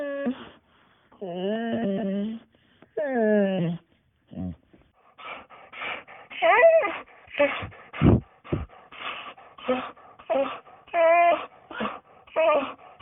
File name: Dog Whining